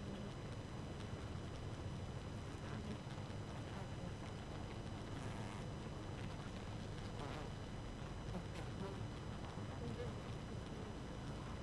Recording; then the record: honeybee colony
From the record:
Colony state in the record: active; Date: 12 June 2018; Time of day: 4:01